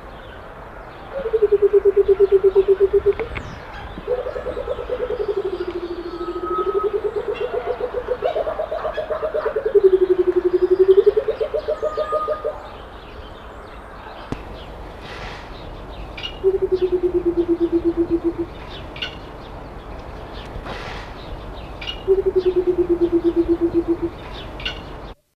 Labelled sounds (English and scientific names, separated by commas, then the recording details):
Senegal Coucal (Centropus senegalensis) call
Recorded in captivity
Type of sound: call
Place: Zoo Köln, Nordrhein-Westfalen, DE
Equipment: Halbspur, 9,5 cm/s
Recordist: Lütgens, Hans
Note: Rufe